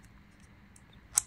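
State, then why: Seated. An 8 GB DDR4 memory stick is pushed down into its motherboard memory slot in a Dell Latitude 5590 laptop until it latches. After a few faint ticks over quiet background noise, one sharp, bright click at 1.2 seconds marks the module seating in place.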